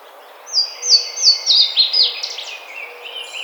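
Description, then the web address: Yellow-rumped warbler song: a run of clear, high downslurred notes repeated several times a second, ending in a jumbled, lower twittering flourish. Recorded on 5 May 2009. "Yellow-rumped Warbler 2009 05 05"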